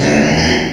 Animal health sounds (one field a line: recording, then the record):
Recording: squeal of a Yucatan mini pig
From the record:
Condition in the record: before surgery on the right vocal fold (resection and tissue-engineered implant)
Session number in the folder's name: 2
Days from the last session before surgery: 0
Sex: male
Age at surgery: 12 weeks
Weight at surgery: 13 kg